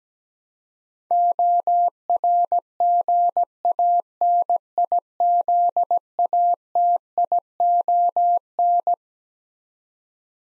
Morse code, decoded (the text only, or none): ORGANIZATION